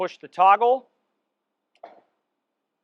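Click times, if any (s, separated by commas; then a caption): 1.8 s. Someone talks, then the pad driver snaps onto the brush hub under the deck of a 20-inch walk-behind battery disk floor scrubber with pad assist (SweepScrub SS5160) after the button and toggle are pressed. The short snap is heard at 1.8 s, and the pad driver is confirmed attached.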